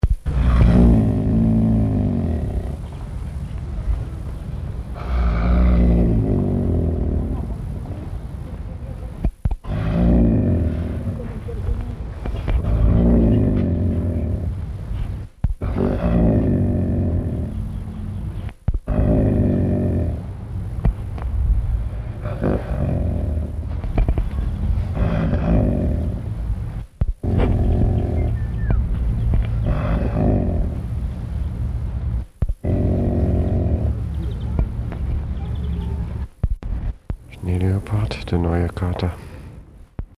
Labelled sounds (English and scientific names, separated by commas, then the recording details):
Snow Leopard (Uncia uncia) growling
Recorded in captivity
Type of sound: growling
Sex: male
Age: adult
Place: Tierpark Berlin, Berlin, DE
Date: 1963-03-30 15:30
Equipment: Minifon, Kopie Smaragd
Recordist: Tembrock, Günter
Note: Männchen (neu importiert): Knurren, in der hinteren Ecke liegend. Abstand 4 m